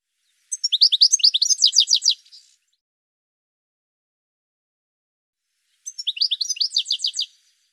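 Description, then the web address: Bird with two quick bursts of high, sharp slurred notes, each under two seconds, separated by roughly four seconds of silence. "cianscape birddata Deverinetal 2025 File cleaned normalized Bird"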